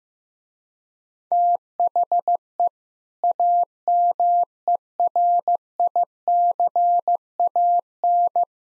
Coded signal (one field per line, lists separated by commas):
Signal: Morse code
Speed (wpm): 15 wpm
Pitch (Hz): 700 Hz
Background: none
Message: THE AMERICAN